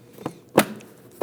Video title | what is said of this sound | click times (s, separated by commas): How to Replace Alternator 2009-2017 Volvo XC60 3.2L L6 | Snap it on. You're going to hear it click and lock into place. | 0.6 s